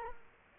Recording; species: mosquito wingbeat signal from an infrared sensor; Culex quinquefasciatus